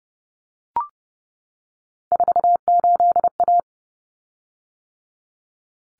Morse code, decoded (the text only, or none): 48A